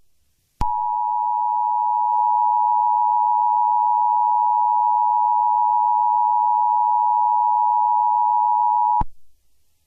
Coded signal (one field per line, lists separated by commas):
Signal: Emergency Alert System (SAME) tones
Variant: 853 and 960 Hz attention tone